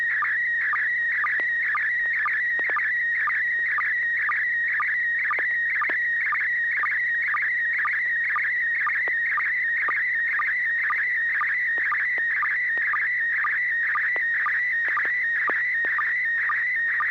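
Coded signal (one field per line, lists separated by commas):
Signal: SSTV (slow-scan television)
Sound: warbling whistle-like tone around 2 kHz with regular short low chirps throughout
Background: low hum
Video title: N6NA SSTV Net - 09/08/2021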